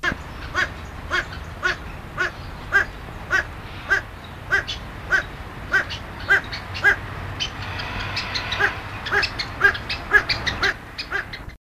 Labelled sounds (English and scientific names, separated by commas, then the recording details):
Satyr Tragopan (Tragopan satyra) call
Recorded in captivity
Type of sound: call
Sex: male
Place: Zoo Hannover, Niedersachsen, DE
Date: 1974-01-30
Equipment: Halbspur, 9,5 cm/s
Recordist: Lütgens, Hans
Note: Rufe